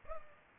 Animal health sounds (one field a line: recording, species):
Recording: mosquito wingbeat signal from an infrared sensor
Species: Culex pipiens